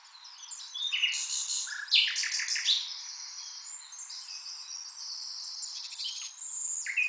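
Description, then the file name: Common nightingale: dense bird song with a loud cluster of varied notes early on, followed by continuous overlapping high whistles and chirps throughout. "Luscinia megarhynchos"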